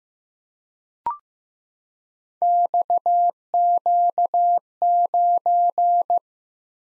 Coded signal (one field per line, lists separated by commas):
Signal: Morse code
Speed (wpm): 15 wpm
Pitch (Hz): 700 Hz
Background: none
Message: XQ9